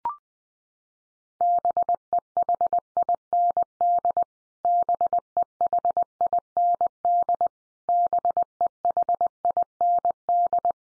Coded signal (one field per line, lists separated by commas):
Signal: Morse code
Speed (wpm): 19 wpm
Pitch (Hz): 700 Hz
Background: none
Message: BEHIND BEHIND BEHIND